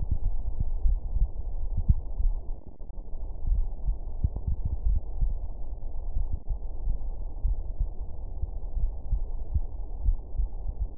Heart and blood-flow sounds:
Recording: heart sounds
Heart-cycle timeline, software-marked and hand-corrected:
0.00	0.84	diastole
0.84	1.00	S1
1.00	1.20	systole
1.20	1.30	S2
1.30	2.18	diastole
2.18	2.34	S1
2.34	2.50	systole
2.50	2.58	S2
2.58	3.48	diastole
3.48	3.66	S1
3.66	3.86	systole
3.86	3.98	S2
3.98	4.84	diastole
4.84	4.98	S1
4.98	5.20	systole
5.20	5.34	S2
5.34	6.20	diastole
6.20	6.32	S1
6.32	6.50	systole
6.50	6.58	S2
6.58	7.44	diastole
7.44	7.56	S1
7.56	7.78	systole
7.78	7.88	S2
7.88	8.78	diastole
8.78	8.90	S1
8.90	9.10	systole
9.10	9.20	S2
9.20	10.04	diastole
10.04	10.18	S1
10.18	10.38	systole
10.38	10.48	S2
10.48	10.98	diastole
From the record:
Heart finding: coronary artery disease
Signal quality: good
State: rest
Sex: male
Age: 62 years

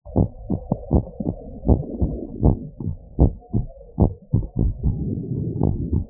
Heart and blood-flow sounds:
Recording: heart sounds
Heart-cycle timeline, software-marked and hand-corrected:
0.00	0.18	diastole
0.18	0.28	S1
0.28	0.48	systole
0.48	0.58	S2
0.58	0.92	diastole
0.92	1.04	S1
1.04	1.26	systole
1.26	1.34	S2
1.34	1.68	diastole
1.68	1.80	S1
1.80	2.02	systole
2.02	2.12	S2
2.12	2.44	diastole
2.44	2.56	S1
2.56	2.78	systole
2.78	2.86	S2
2.86	3.20	diastole
3.20	3.32	S1
3.32	3.56	systole
3.56	3.66	S2
3.66	4.00	diastole
4.00	4.12	S1
4.12	4.34	systole
4.34	4.46	S2
4.46	4.84	diastole
4.84	4.96	S1
4.96	5.16	systole
5.16	5.26	S2
5.26	5.60	diastole
5.60	5.72	S1
5.72	5.94	systole
5.94	6.04	S2
6.04	6.10	diastole
From the record:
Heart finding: normal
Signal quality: good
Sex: female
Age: 63 years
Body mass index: 33.6

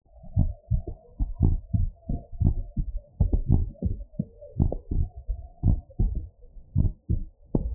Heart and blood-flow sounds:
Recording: heart sounds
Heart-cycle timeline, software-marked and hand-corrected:
0.00	0.38	diastole
0.38	0.50	S1
0.50	0.72	systole
0.72	0.82	S2
0.82	1.42	diastole
1.42	1.58	S1
1.58	1.80	systole
1.80	1.90	S2
1.90	2.42	diastole
2.42	2.56	S1
2.56	2.78	systole
2.78	2.86	S2
2.86	3.50	diastole
3.50	3.64	S1
3.64	3.86	systole
3.86	3.96	S2
3.96	4.60	diastole
4.60	4.72	S1
4.72	4.96	systole
4.96	5.06	S2
5.06	5.66	diastole
5.66	5.78	S1
5.78	6.00	systole
6.00	6.14	S2
6.14	6.76	diastole
6.76	6.90	S1
6.90	7.10	systole
7.10	7.20	S2
7.20	7.75	diastole
From the record:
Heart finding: abnormal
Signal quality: good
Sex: male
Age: 55 years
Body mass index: 21.1

